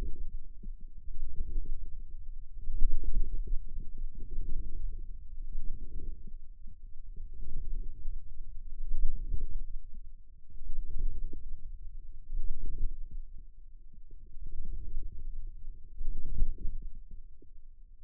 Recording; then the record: forearm muscle sounds (acoustic myography)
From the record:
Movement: radial deviation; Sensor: system 2, bracelet of six BSWA MPA416 microphones around the upper forearm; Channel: 5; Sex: male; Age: 22 years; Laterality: right